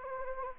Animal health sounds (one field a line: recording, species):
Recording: mosquito wingbeat signal from an infrared sensor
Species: Anopheles gambiae